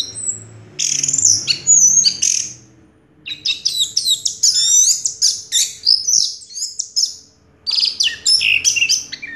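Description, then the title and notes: Orange-headed thrush song, bright varied phrases of whistles and rapid chattering notes in bursts separated by short pauses. Singing in the teler style with a clear voice; part of a complete compilation of anis merah sounds. "Anis Merah Teler Suara Jernih. kumpulan suara anis merah lengkap"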